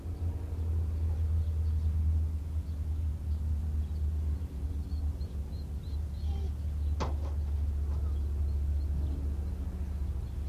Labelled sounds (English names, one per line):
Gray Wolf howling